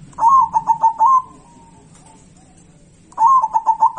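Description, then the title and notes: Zebra dove song of quick, stuttering coos, a phrase with a trailing fading note, a pause, then another phrase begins. Local zebra dove. "Kicau Perkutut Lokal. Kicau Burung Perkutut"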